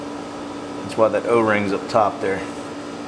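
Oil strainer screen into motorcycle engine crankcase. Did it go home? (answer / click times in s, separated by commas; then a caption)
no / none. The cleaned oil strainer screen of a Multistrada 1200, sealed by an o-ring at its top, is being handled by hand before being pressed up into the motorcycle engine crankcase. Someone talks over a steady background hum. Nothing has seated or clicked yet.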